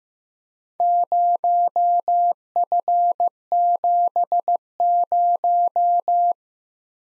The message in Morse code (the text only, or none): 0F70